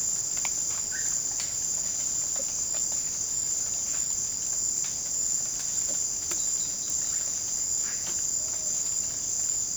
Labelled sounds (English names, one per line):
none